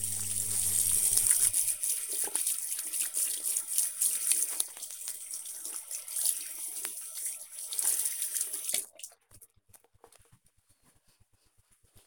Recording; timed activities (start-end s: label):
household activities, microphone on the right wrist
0.00-10.20 s: washing hands